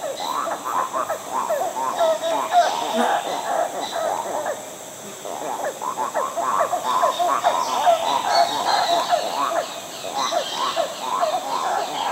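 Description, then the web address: Yellow-handed titi monkey calls, a dense run of rapid, repeated mid-pitched notes rising and falling in bursts, briefly easing off before building again, with faint high hiss behind. South American rainforest. "Natures Songs S America Primates of the Rainforest Yellow-handed titi monkey"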